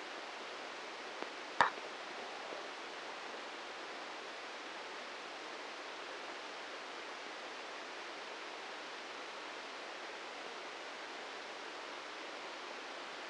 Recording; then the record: brain microelectrode recording played as sound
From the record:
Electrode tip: inside the subthalamic nucleus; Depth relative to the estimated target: -1 mm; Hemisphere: right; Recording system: NeuroSet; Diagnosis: Parkinson's disease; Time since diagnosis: 13 years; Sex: male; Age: 63 years